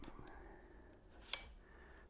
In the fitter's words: Now I'm attached. It's got a keeper on it. You heard that click.